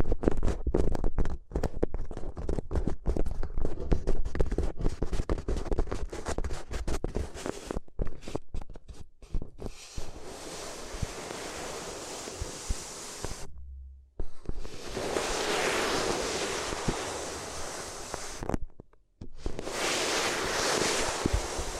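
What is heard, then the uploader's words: ASMR paper sounds: for the first nine seconds, dense, rapid crinkles and taps crowd together with a low thump underneath. After that it turns to a smoother, hissing rustle that swells and fades, broken by brief silences near 14 and 19 seconds. ASMR If You Had Paper Ears (No Talking).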